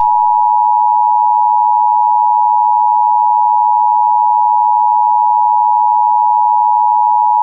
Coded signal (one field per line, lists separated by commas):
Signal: Emergency Alert System (SAME) tones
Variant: 853 and 960 Hz attention tone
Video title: EAS Reenactment Mock: SVR with Midland WR120 - 07/16/2020